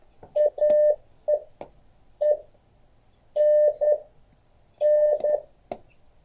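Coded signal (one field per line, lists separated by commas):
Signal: Morse code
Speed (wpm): 11 wpm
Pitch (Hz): 600 Hz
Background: none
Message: AE E N N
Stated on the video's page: Morse code class.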